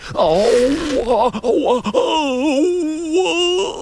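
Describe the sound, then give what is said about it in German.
A trapper groans and wails in pain as an arrow is pulled from his backside, a long drawn-out moaning cry with wavering, quivering pitch that breaks off briefly and resumes, loud and strained throughout. “Brüllt der Trapper. Bleichgesicht jammert wie altes Waschweib über kleinen Kinderpfeil, sagt früher Vogel streng und schmiert etwas Sue-Spezialkräuterpasta auf die Wunde.”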